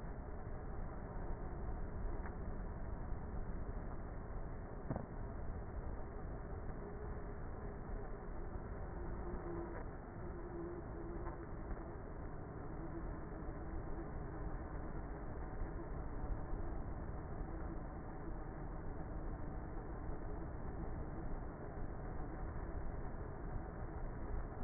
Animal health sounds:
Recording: honeybee colony, microphone inside the hive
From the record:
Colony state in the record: queenless with a low population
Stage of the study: before two queens were removed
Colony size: about 30,000 bees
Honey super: no

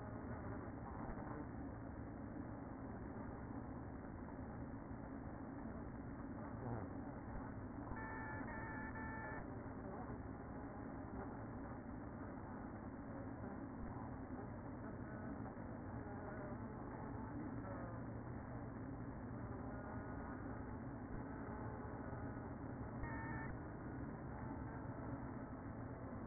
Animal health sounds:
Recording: honeybee colony, microphone inside the hive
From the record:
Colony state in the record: queen present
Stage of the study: after two queens were removed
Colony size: about 60,000 bees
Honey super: yes

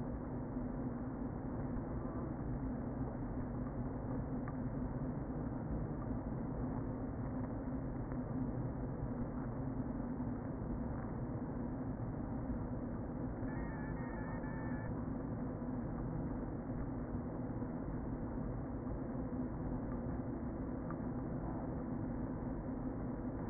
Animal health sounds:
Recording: honeybee colony, microphone inside the hive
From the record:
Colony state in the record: queen present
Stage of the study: before two queens were removed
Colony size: about 60,000 bees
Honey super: yes

